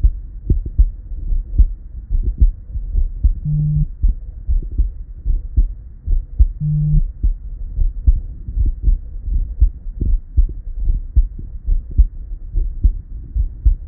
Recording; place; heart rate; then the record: heart sounds by stethoscope; Erb's point; 70 bpm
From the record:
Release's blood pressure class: normal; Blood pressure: 118/65 mmHg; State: at rest